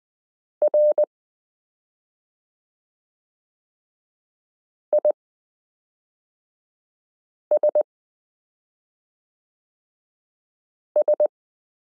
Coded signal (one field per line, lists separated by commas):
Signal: Morse code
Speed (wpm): 20 wpm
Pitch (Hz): 600 Hz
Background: none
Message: R ISS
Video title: Morse Code Listening Lesson 12 - m k r s u a p t l o w i (.) period